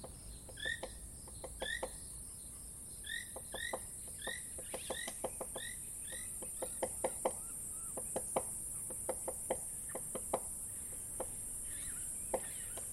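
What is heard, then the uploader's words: A savanna ambience with a constant high, shrill insect drone running through the whole recording. Over it, birds give repeated short two-note whistles in the first half, then sharp clicking calls and taps scattered irregularly until the end. Southern African Ambience is a collection of rich and immersive savanna ambiences, recorded by George Vlad and Daan Hendriks in the north of South Africa, just on the border with Botswana.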